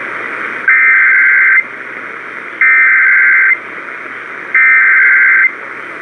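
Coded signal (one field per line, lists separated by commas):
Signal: Emergency Alert System (SAME) tones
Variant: header bursts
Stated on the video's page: Severe weather NOAA Weather Radio alerts compilation.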